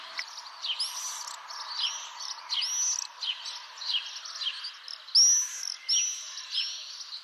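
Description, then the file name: Common swift screams: shrill, buzzy, high-pitched calls repeated in quick overlapping bursts, several birds calling together, with a louder scream near the end. "Martinet noir"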